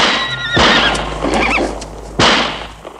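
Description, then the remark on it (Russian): A horse lets out a shrill, wavering whinny as its rider stops it, then two sudden loud pistol shots fired into the air cut in about a second and a half apart, with a shorter snort-like whinny between them. “Командир останавливает коня, вынимает пистолет, стреляет в воздух.”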